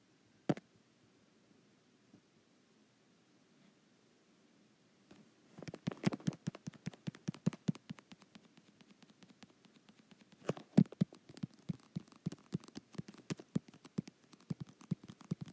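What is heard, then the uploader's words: Fingertips tap on a touch screen. A single sharp tap lands near the start, then near-silence until about five and a half seconds, when quick, fairly regular clicking taps begin and continue densely to the end, with a louder cluster around eleven seconds. ASMR Touch Screen.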